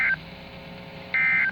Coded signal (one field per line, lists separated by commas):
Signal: Emergency Alert System (SAME) tones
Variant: end-of-message bursts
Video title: Required Weekly Tests (EAS #651-652)